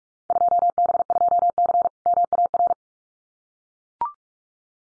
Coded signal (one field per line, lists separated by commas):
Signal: Morse code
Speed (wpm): 44 wpm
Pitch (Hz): 700 Hz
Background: none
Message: 2B2C MAR